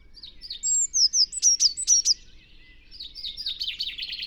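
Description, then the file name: Eurasian blue tit: a quick string of high thin notes followed by a lower, buzzy chatter. "Cyanistes caeruleus"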